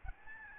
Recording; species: mosquito wingbeat signal from an infrared sensor; Aedes albopictus